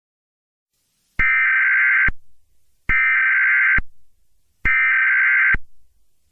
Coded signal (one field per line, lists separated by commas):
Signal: Emergency Alert System (SAME) tones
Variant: header bursts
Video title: EAS test fail